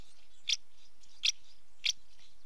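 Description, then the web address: House martin calls, three brief scratchy chirps with faint twitter underneath. Female house martin calling at the nest entrance; British bird. "BBC Sound Effects Library. House Martin female calling at nest entrance"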